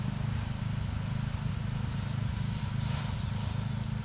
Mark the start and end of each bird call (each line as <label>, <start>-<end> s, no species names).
bird call, 1.60-3.55 s